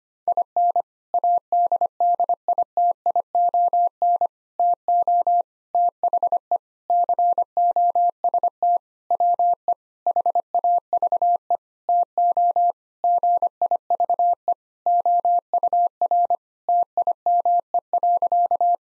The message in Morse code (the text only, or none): IN ADDITION TO THE COST WE HAVE TO GIVE OUR TIME.